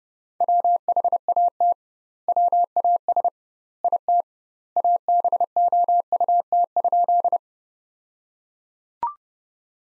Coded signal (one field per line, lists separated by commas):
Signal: Morse code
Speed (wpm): 32 wpm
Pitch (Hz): 700 Hz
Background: none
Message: WHAT WAS IT ABOUT?